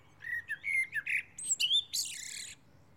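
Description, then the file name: Common blackbird song phrase: a few low fluted whistles, then a burst of high, squeaky twittering notes at the end. "Turdus merula"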